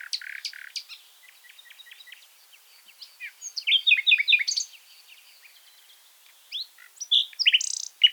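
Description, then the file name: Common nightingale song in varied phrases: quiet ticking notes, a louder tumbling chatter, a pause, then sharp emphatic notes at the end. "Luscinia megarhynchos"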